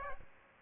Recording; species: mosquito wingbeat signal from an infrared sensor; Aedes aegypti